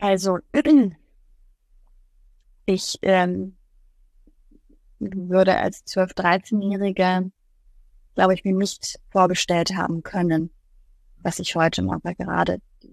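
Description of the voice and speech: Adult woman speaking German with a stretched opening word and long silent blocks mid-phrase: stuttering.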